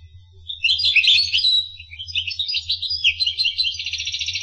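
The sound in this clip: Finch twittering in a jumble of high, quick chirps, ending in a rapid even trill, with a low hum in the background.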